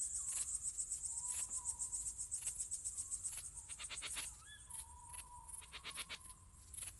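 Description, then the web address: Crickets chirping in dense rapid pulses throughout. Summer night. "sonniss gdc audio. crickets owls summer night"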